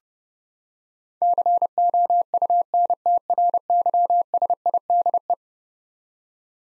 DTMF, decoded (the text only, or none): none